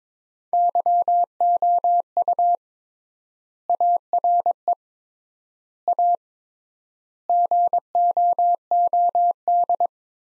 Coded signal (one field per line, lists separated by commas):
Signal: Morse code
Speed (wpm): 22 wpm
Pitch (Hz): 700 Hz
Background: none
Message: YOU ARE A GOOD